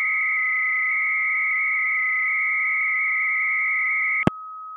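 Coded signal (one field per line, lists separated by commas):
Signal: 300-baud modem data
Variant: Bell 103, 300 baud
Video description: Here’s a practical demonstration of a program called Minimodem, which I’m using to talk to a BBS at 300 bits per second using the Bell 103 modulation scheme.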